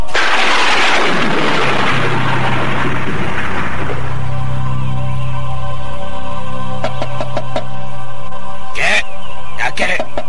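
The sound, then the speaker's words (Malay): A deep rumbling whoosh fades into a steady low hum, then a few sharp knocks on an unlocked wooden door sound out in an uneven cluster near the end. “Oh, masuklah dulu kalian. Pintu itu tidak terkunci.”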